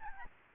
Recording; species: mosquito wingbeat signal from an infrared sensor; Aedes albopictus